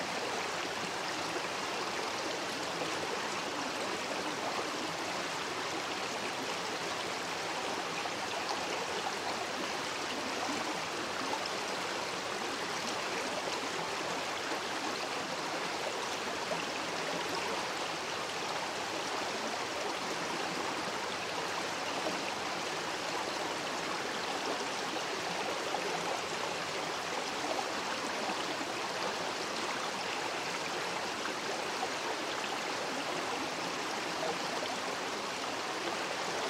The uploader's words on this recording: This was recorded in the predawn hours beside Bigelow Creek in Bigelow Meadow Botanical Area, Shasta-Trinity National Forest, Siskiyou County, California. There was still several feet of snow blanketing the forest floor and the creek was flowing well. I recorded this using the tree ears recording technique, in which a microphone is fixed to either side of the trunk of a tree. Predawn Beside Bigelow Creek.